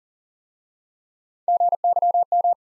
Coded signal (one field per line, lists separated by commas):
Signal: Morse code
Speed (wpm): 38 wpm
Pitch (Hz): 700 Hz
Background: none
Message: GYM